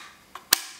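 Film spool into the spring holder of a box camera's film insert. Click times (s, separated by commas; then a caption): 0.5 s. A film spool is pressed into the spring holder of a Kodak Brownie Six-20 box camera's film insert, where two springs grip it. A faint tick at 0.4 s is followed by a sharp, bright snap at 0.5 s as the spool seats in place.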